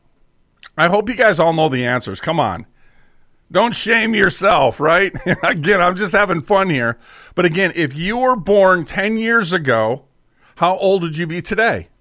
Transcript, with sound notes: I hope you guys all know the answers, come on. Don't shame yourself, right? (laughs) Again, I'm just having fun here. But again, if you were born ten years ago, how old would you be today?